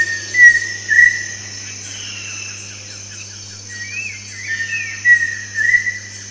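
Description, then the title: Pheasant cuckoo call: pure whistles with upslurred ends, mixed with swooping rising-then-falling whistled phrases, against a constant high-pitched insect hum. "LuckyPassaro Completos2Sama. Pheasant Cuckoo (Dromococcyx phasianellus)"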